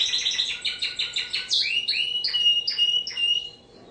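Bird singing a quick buzzy trill that gives way to a few separate slurred whistles before falling quiet.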